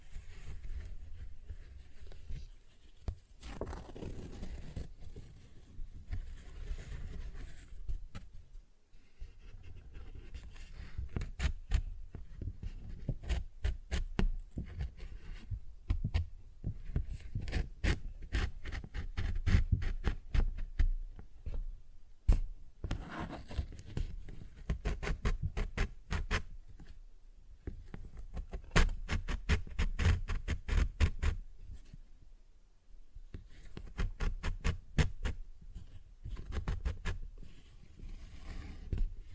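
A paper bag is tapped and scratched, producing rapid clusters of crisp, papery clicks with dull low thumps underneath. Bursts come in dense runs separated by brief pauses, heaviest around the middle and latter third, with a softer scraping rustle between hits.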